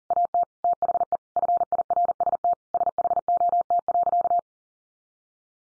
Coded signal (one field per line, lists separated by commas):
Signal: Morse code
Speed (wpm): 40 wpm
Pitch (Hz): 700 Hz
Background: none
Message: AT THE FIRST SHOT.